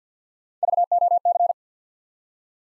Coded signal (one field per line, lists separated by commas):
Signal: Morse code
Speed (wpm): 48 wpm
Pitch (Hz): 700 Hz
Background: none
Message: VOC